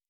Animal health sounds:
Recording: hydrophone in a shrimp aquaculture tank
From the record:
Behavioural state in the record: normal

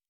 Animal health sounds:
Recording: hydrophone in a shrimp aquaculture tank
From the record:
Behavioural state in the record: normal

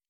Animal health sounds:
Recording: hydrophone in a shrimp aquaculture tank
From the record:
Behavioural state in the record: normal

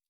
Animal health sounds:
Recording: hydrophone in a shrimp aquaculture tank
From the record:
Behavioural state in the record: stressed

